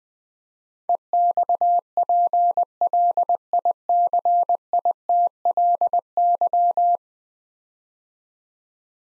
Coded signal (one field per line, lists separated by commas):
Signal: Morse code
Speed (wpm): 20 wpm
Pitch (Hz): 700 Hz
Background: none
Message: EXPLICITLY